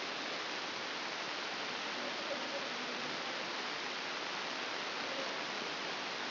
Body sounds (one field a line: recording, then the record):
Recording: brain microelectrode recording played as sound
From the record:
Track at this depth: outside the subthalamic nucleus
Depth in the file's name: 9.104 mm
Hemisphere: left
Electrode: 2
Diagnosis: Parkinson's disease